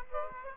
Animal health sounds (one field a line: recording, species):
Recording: mosquito wingbeat signal from an infrared sensor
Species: Aedes aegypti